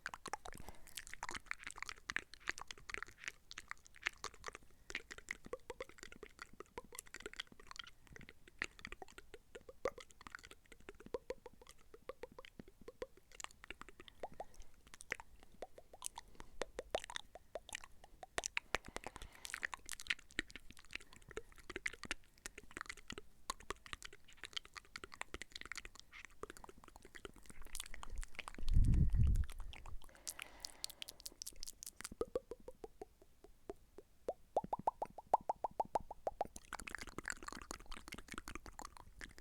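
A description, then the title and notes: Wet mouth sounds of clicks, smacks and pops come in a dense, irregular stream throughout. Around 29 seconds a louder, low thump stands out, and near 33 to 36 seconds a brief rising, whistly tone appears among the crisp clicking. Tingly MOUTH Sounds ($20 Mic VS $200 Mic).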